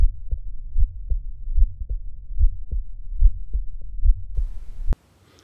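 Heart by stethoscope in an 18-year-old man, listened to at the typical site between the left sternal border and left midclavicular line, just below nipple level. Still's murmur, an innocent murmur common in healthy people, heard with the heartbeat at about 73 beats per minute.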